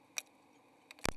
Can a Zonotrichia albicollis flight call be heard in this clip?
no